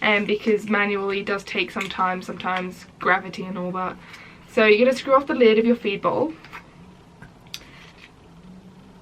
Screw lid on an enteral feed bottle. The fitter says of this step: can hear that little click like that it can hear it like popping the seal